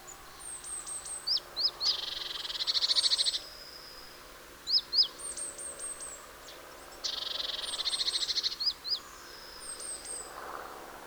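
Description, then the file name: Great tit calls: paired sharp notes and two long buzzy churrs of rapid pulses, with thin high descending notes in the background. "Parus major"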